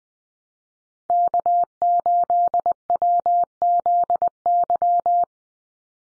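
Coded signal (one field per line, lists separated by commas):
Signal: Morse code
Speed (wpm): 20 wpm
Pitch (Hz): 700 Hz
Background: none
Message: K8WZY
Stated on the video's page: Head-copy drill of USA call signs sent at 20 wpm, each sent in Morse, then spoken, then sent again.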